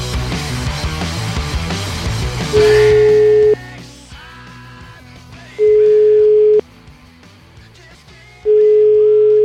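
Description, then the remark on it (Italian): A steady telephone ringback tone of an outgoing call sounds three times, each pulse about a second long with pauses of roughly two seconds between, over a busy background of music and voices that fades after the first ring. “Vai, chiamiamo.”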